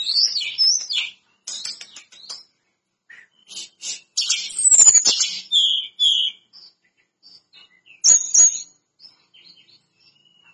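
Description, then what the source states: Lesser Shortwing song: jumbled bursts of high, scratchy warbling notes and thin whistles, broken by short pauses, with one louder run in the middle. Bird singing actively; the source calls the singing gacor.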